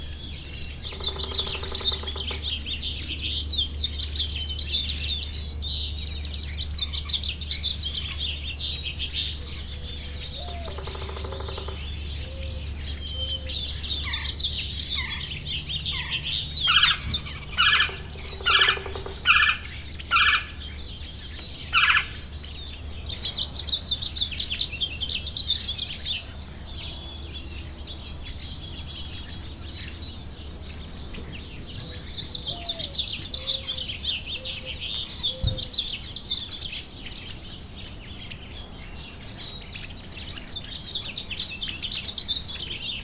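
Nature sounds under cottonwood trees in a riverside woodland, with a steady bright chorus of insects or birds filling the background throughout. Short bird calls and chirps break in now and then, with a burst of sharp repeated notes around 17–22 seconds, over a low constant rumble.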